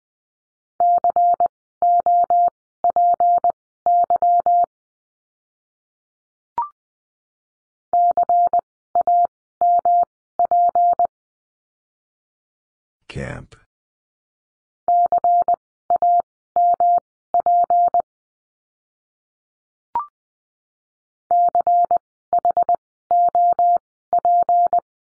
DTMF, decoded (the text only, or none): none